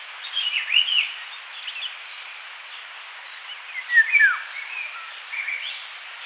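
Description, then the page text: Indian golden oriole song: a few clear fluty whistles near the start, a gap, then a slurred downward phrase over steady background noise. "Indian Golden Oriole Song, Quick Sounds"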